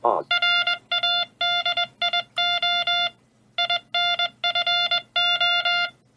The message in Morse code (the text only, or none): RADIO INFO